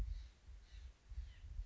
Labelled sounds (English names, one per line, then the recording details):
White-breasted Nuthatch
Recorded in Sonoma County, California